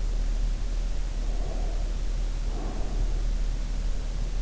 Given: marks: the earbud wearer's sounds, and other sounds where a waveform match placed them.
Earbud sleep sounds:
sounds in sleep by an in-ear microphone; breath
0.99-3.23 s: breath

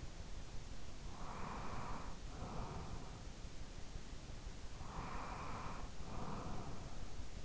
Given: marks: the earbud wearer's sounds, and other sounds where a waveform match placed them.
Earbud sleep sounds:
sounds in sleep by an in-ear microphone; breath
1.05-3.72 s: breath
4.65-7.45 s: breath

